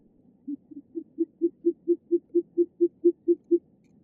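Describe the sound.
Short-eared owl giving a steady, rapid series of deep, soft hoots that build in strength and stop abruptly.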